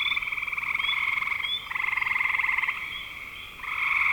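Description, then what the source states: Frogs trilling: a steady rapid pulsed croak that breaks off and restarts twice, with a few short rising chirps. Recorded in spring 2025.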